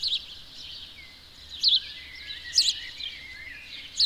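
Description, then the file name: House sparrow chirps, a few sharp notes amid softer chattering and sliding whistles, against a steady hiss. "Passer domesticus"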